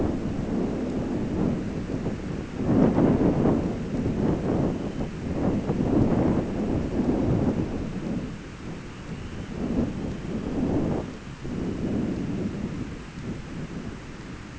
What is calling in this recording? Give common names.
Dunlin